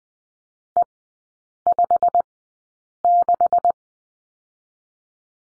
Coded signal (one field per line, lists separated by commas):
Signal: Morse code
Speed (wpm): 20 wpm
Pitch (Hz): 700 Hz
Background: none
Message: E56